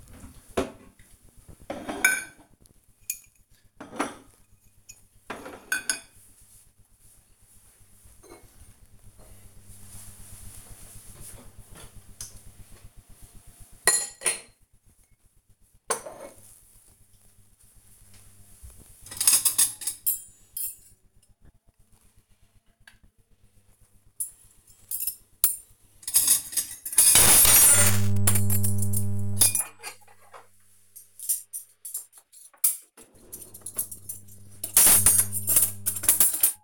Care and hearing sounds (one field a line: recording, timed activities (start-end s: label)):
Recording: household activities, microphone on the right wrist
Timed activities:
0.00-36.64 s: putting away the dishes